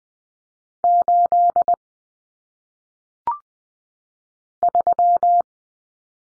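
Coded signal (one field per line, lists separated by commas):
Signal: Morse code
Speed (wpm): 20 wpm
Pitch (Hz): 700 Hz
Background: none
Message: 8 3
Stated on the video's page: Morse drill of common single-digit cut numbers at 20 wpm for head-copy practice.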